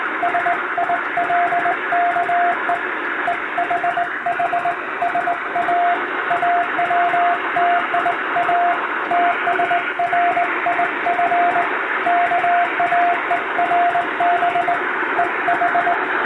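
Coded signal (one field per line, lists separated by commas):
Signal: Morse code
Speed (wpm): 20 wpm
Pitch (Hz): 700 Hz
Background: radio noise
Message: SILK EEHH SAA WTIAT SRIF KAERB EH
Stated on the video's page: Hand-keyed Morse practice sent on a straight key by a first-class radiotelegraph operator, using telegram practice texts.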